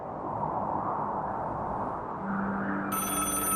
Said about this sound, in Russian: В тот вечер телефон зазвонил в половине шестого. Стоял декабрь, и уже стемнело, когда Томпсон взял трубку.